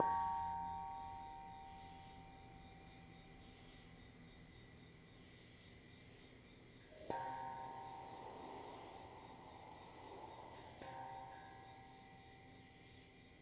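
A ringing gong tone opens the clip and slowly fades, then new metallic strikes land at about seven and eleven seconds, each leaving a long shimmering ring. Underneath, a steady high cricket-like chirring holds throughout, with faint low rumbling.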